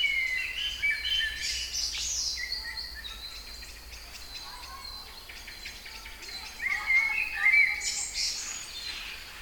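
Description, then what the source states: Songbirds singing scattered whistled and twittering phrases, a brighter burst near the end, against a faint steady hum. Kouri Forest, Thessaloniki (Salonika), Greece; 22.05.12, 18:35.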